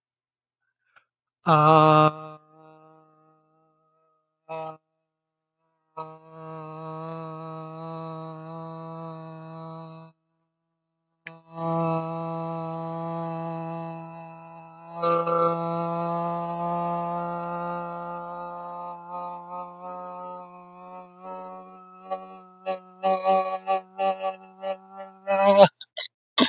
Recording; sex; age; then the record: vowel held as long as possible; male; 20 to 29 years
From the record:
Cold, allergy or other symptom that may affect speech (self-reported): no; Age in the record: 29 years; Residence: United States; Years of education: 14